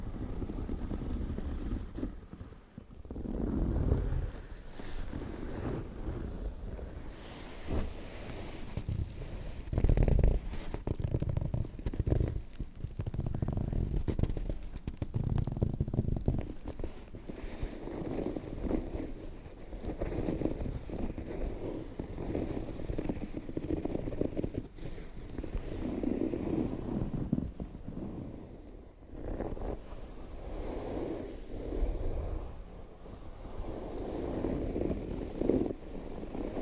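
Fingernails scratch and rub across leather and metallic textured leather bags in a steady, dense stream of rough, rustling friction. The scratching is strongest in the low and middle range, with brief louder swells around 3, 10 and 26 seconds, and brighter crisp scrapes throughout.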